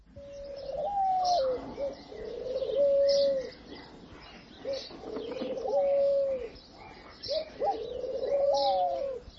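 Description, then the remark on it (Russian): Wild pigeons coo in three low, throaty, rolling phrases spaced a few seconds apart, with soft chirps and rustling in the background and no voices. “Папа Фёдорос и дикие голуби.”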